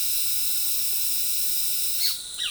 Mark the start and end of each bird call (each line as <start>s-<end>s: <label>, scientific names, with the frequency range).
1.99s-2.50s: Pitangus sulphuratus (0.9-6.8 kHz)